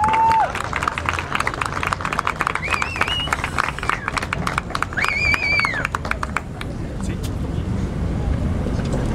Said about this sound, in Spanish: Un aplauso, por favor.